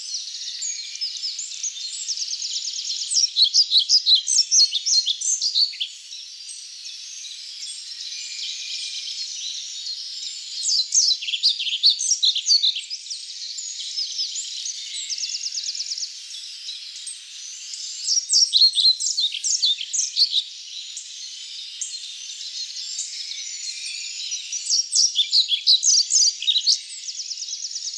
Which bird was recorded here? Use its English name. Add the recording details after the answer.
European Pied Flycatcher. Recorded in the wild. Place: Waltershofen / Freiburg im Breisgau, Baden-Württemberg, DE. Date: 2008-04-26. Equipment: MiniDisc Sharp MT 20 H. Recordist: Schwarz, Dieter